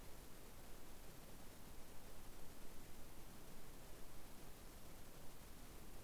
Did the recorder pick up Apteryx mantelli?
no